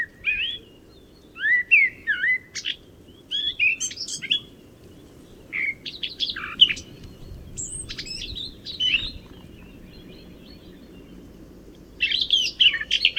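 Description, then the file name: Eurasian blackcap song, short varied phrases of twittering and whistled notes with gaps between them, over a steady low background rumble. "Sylvia atricapilla"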